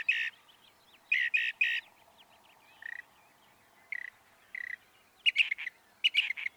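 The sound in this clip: Northern mockingbird song: varied phrases of harsh buzzy notes, some repeated in twos and threes, with short pauses between groups.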